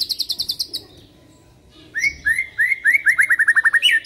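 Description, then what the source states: White-rumped shama: songbird song: rapid high trill at first, a pause, then a quickening run of rising whistled notes ending in a sharp upward phrase. Aggressive song of the white-rumped shama, used as a lure.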